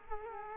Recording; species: mosquito wingbeat signal from an infrared sensor; Culex quinquefasciatus